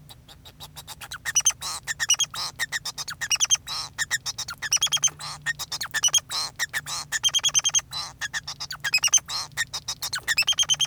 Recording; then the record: song of a male Bengalese finch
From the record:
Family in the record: son of father 2